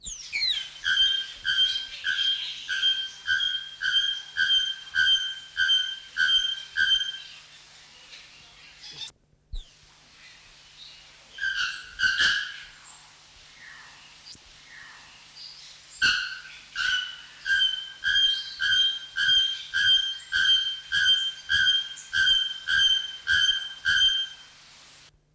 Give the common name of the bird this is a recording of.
Bare-throated Bellbird